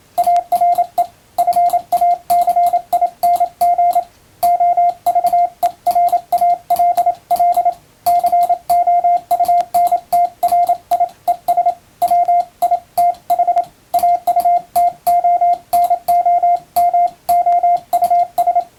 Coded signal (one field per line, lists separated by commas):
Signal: Morse code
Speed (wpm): 27 wpm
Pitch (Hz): 700 Hz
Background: radio noise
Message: ARE FACING OVERALL COUNTRIES WITH AUTONOMOUS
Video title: 毎日モールスの受信練習をしよう！普通文の欧文モールス符号をエレキーで打ってみました！ちょっと早いですがYouTubeの再生速度を調整して自分の好みの速さで聴こう morse code practice